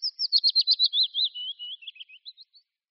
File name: Budníček-větší